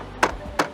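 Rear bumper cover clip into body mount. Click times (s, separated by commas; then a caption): 0.2 s, 0.6 s. A rear bumper cover on a 2017-2020 BMW 5-Series (530e, M5, M550i) is banged by hand into its body mount, and two sharp click-thuds are heard at 0.2 s and 0.6 s. The clip snaps in and the bumper cover is seated.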